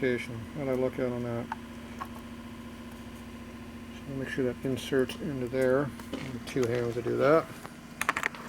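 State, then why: Not seated. On a 2011 Harley-Davidson Road Glide (FLT) Twin Cam, during a motor primary repair to track down a motor noise, a part is pushed with both hands into its mating socket while someone talks. A steady hum runs underneath, and a quick cluster of sharp ticks comes near the end at about 8.0 to 8.3 seconds. The part has not seated or clicked into place yet.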